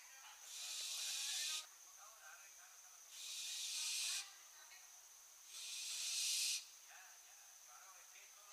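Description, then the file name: Barn owl uttering three drawn-out, noisy hissing screeches, each swelling slightly before cutting off, about every two and a half seconds. "Schleiereule - Tyto alba"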